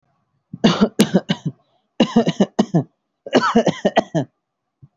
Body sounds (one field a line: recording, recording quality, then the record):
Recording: heavy voluntary cough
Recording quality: excellent, no background noise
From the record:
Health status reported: healthy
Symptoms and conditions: none ticked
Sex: male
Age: 26 years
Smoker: not ticked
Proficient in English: yes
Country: India